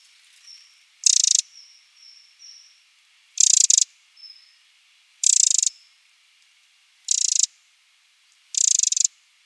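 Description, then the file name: Eurasian wren calling in loud, rapid ticking rattles about every two seconds, with thin high whistled notes in the gaps. "Troglodytes troglodytes"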